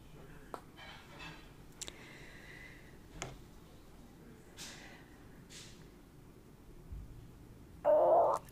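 After quiet room noise, a sudden half-second gurgling rumble comes from the stomach: ordinary bowel sounds.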